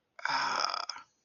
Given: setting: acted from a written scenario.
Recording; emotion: vocal sound without words; pain